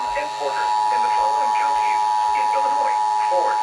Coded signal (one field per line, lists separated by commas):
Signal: Emergency Alert System (SAME) tones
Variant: 853 and 960 Hz attention tone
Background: speech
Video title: EAS Alerts May 22-24,2019 (EAS #542-548)